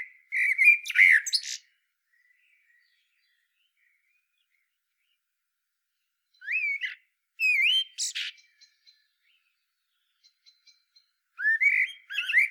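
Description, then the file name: Common blackbird song: short fluty whistled phrases with squeaky high endings, heard several times with pauses between, and faint chips in the quiet gaps. "Turdus merula"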